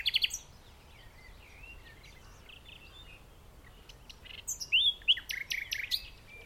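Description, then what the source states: Common nightingale song: a short burst of varied notes, a quiet pause, then a loud run of sharp repeated notes and whistles. In the dunes of The Hague, morning of 12 May 2021, recorded during a lockdown walk.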